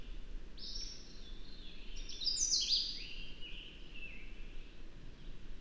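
Birdsong of high, sweeping whistled phrases that rise into a brighter twittering peak and then fall away into softer slurred notes, with constant low background hum.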